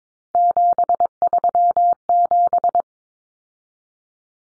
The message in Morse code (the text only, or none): 737